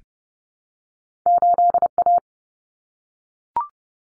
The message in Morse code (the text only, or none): 8A